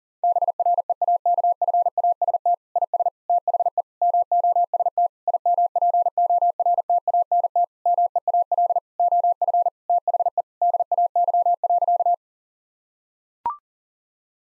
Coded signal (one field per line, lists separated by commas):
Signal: Morse code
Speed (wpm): 40 wpm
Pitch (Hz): 700 Hz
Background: none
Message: BREAKFAST IS THE MOST IMPORTANT MEAL OF THE DAY.